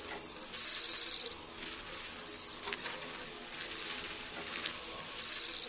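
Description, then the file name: Bohemian waxwing calls: high, buzzy trilled notes, one strong trill near the start and another at the end, with fainter sibilant trills scattered between. "JEMIOŁUSZKA"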